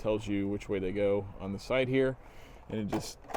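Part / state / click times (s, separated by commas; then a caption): battery into portable water heater battery compartment / not seated / none. A battery is being handled at the battery compartment of a portable water heater and oriented by the markings on its side, while someone talks throughout. Nothing has seated or clicked yet.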